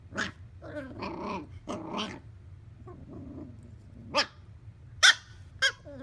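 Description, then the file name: Bichon frise: dog barking in a few short, uneven bursts, a couple of longer rough barks early on, then sharp isolated yaps near the end over a low steady hum. "Bichon Frize Dog"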